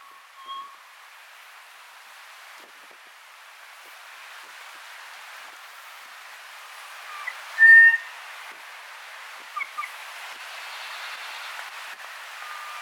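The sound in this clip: Kōkako song: a soft low whistle at the start, a long quiet pause, then one strong clear note followed by a few short paired whistles and a final low tone.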